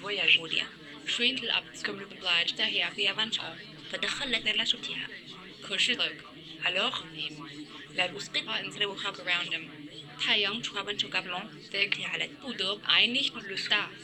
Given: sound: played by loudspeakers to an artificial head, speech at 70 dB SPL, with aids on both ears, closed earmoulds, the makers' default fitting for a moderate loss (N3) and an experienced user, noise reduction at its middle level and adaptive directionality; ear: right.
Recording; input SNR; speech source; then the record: speech test signal (ISTS) in cocktail-party noise; +3 dB; in front (0 degrees)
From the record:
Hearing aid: class 1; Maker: C